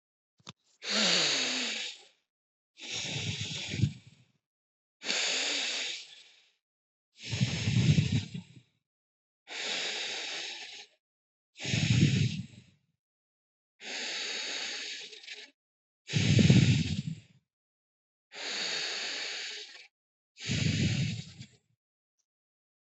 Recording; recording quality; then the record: deep breathing; excellent, no background noise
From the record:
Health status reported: healthy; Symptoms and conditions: cough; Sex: male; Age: 32 years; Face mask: not worn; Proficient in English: yes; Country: United States